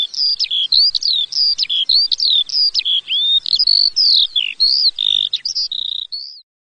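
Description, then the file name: Eurasian skylark song, a rapid unbroken stream of high chirped and slurred notes, each briefly rising or falling, pouring on for about six seconds before stopping. "skowronek"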